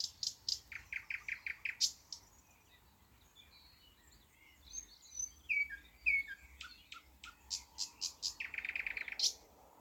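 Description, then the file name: Thrush nightingale song with a burst of rapid repeated notes, a quieter stretch of soft twittering, then sharp clicks and a short rattling run. "thrush nightingale - luscinia luscinia"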